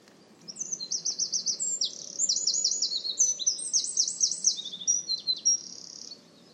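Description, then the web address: Bird giving rapid high chittering phrases: quick repeated buzzy notes in short bursts, changing pattern over about five seconds, with a low steady rumble underneath. "cianscape birddata Deverinetal 2025"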